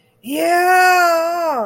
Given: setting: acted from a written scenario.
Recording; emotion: vocal sound without words; triumph